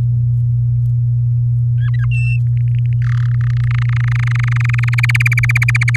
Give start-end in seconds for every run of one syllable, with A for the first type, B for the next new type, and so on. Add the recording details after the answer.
1.78-2.06 A, 2.11-2.39 B, 2.57-2.93 C, 3.02-3.26 D, 3.28-4.89 E, 4.93-5.96 F. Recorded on 6 May 2018 at 06:13. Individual llb16